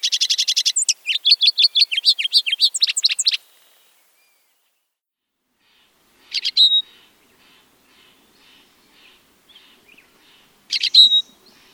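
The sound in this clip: Lawrence's goldfinch calling: a rapid tinkling run of high notes for three seconds, then silence broken by two short bright bursts and faint twitters.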